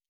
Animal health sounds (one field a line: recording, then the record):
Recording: hydrophone in a shrimp aquaculture tank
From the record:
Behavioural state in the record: normal